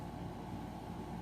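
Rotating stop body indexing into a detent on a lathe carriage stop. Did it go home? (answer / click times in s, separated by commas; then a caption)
no / none. The rotating stop body of a multi-position carriage stop on an Atlas lathe is being handled and turned toward its indexed detent. Only a steady, low broadband rumble is heard for the 1.3 seconds, with no sharp tick. Nothing has seated or clicked into position yet.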